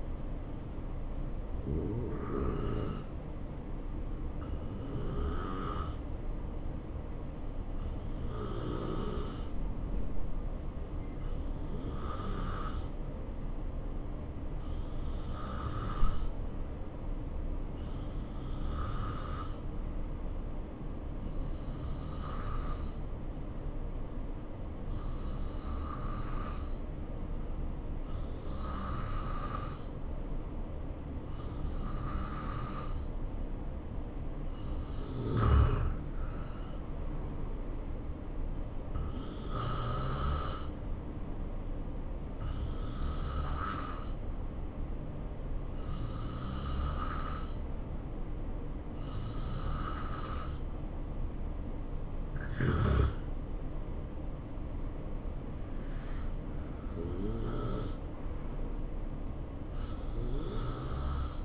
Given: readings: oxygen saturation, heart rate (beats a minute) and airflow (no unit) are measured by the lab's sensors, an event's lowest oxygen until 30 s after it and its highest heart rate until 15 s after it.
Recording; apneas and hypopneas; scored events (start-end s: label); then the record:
breathing in sleep by a smartphone at the bedside; 1
4.00-33.90 s: hypopnea (N2, oxygen 94% highest, then 88% lowest, heart rate 69 at the start, 72 highest)
From the record:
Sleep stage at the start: N2 (light sleep); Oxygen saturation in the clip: 86 to 94%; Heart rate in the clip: 61 to 75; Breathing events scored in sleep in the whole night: 277 in 7.4 hours asleep